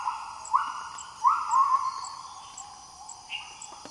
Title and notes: Borneo morning gibbons. Gibbons calling early in the morning in the Borneo rainforest